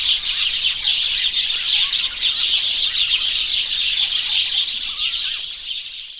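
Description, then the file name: House sparrows chattering together, countless overlapping chirps forming a constant twittering mass that fades slightly toward the end. "House Sparrow Passer domesticus"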